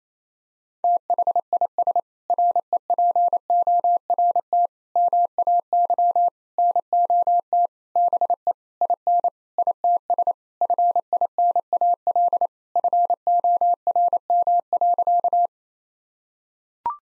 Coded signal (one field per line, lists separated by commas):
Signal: Morse code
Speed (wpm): 28 wpm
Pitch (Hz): 700 Hz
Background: none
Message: THIS REPORT MAY NOT BE IN ITS FINAL FORM.